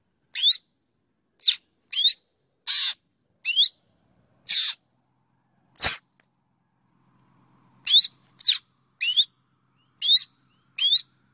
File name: Tieng chim Cheo Beo